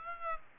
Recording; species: mosquito wingbeat signal from an infrared sensor; Aedes aegypti